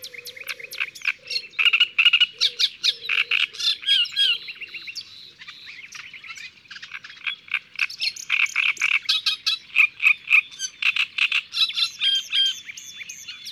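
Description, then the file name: Great reed warbler singing a long, loud run of rasping, churring notes in repeated rhythmic phrases. "Rousserolle turdoide ABC des chants doiseaux"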